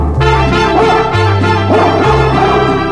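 A dog barks and yips several times in quick, uneven bursts, with steady low music tones running underneath.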